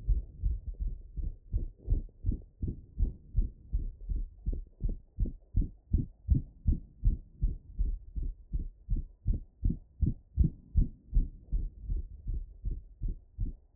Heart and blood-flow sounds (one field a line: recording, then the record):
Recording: heart sounds by stethoscope after running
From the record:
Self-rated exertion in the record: moderate exertion (3 of 6)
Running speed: 8 mph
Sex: male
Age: 20 years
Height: 188 cm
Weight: 84 kg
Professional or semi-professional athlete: no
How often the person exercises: over 5 times a week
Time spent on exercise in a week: over 5 hours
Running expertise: yes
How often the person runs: 3 to 5 times a week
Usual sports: soccer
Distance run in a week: 17 km